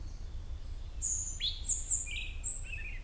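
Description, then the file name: European robin giving a brief burst of song: a high thin whistle, a quick upswept note, then a few short twittering notes, with low background noise. "Erithacus rubecula"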